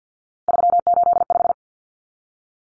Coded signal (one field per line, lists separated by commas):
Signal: Morse code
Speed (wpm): 50 wpm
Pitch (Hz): 700 Hz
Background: none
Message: 385